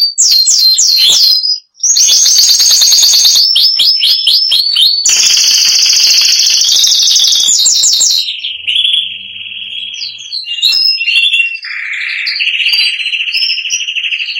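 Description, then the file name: Spanish giboso canary song: loud rapid trills and rolling repeated notes, switching between tours, ending with lower sustained whistles and warbles. "canto do canario giboso espanhol"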